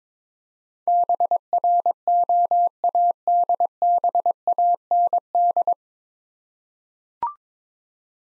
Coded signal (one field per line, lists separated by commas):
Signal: Morse code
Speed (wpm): 22 wpm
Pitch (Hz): 700 Hz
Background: none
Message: BROADBAND